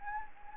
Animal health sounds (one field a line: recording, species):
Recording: mosquito wingbeat signal from an infrared sensor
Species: Anopheles gambiae